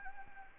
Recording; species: mosquito wingbeat signal from an infrared sensor; Anopheles arabiensis